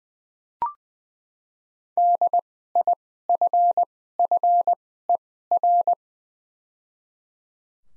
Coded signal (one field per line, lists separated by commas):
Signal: Morse code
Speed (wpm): 20 wpm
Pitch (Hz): 700 Hz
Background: none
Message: DIFFER